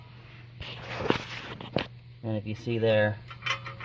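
A steel ratchet bar on a DAYTONA 3 Ton Heavy Duty Ratcheting Jack Stand (black, 58343) is moved in and out, and its pawl clicks over the cast teeth with sharp metallic ticks near 1.1 s, 1.6 s and 1.8 s while someone talks. The pawl engages the teeth, showing full contact, but nothing has seated yet.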